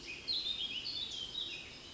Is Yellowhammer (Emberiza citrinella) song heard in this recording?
no